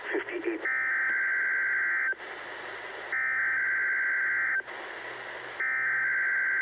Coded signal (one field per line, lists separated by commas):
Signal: Emergency Alert System (SAME) tones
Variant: header bursts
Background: speech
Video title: EAS #550-551: Required Weekly Test